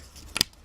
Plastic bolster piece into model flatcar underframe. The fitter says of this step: or less these parts should click in like